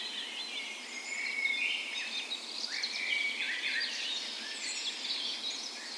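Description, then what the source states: Birds (dawn chorus): several birds singing at once, overlapping high whistles, trills and chirps layered continuously, with a steady soft background hiss. Dawn chorus in spring on the morning of 17 May, Norway's National Day, in a park west in Bergen, Norway; Sony PCM A10 recorder with LOM micro Usi mics as tree ears.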